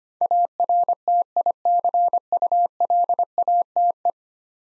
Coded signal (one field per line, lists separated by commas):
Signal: Morse code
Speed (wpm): 25 wpm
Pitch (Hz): 700 Hz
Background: none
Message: ARTICULATE